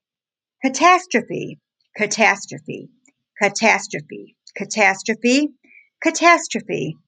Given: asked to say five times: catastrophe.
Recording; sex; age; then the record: repeated word; female; 30 to 39 years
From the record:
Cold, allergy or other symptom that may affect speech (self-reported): no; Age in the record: 37 years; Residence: Florida, United States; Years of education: 19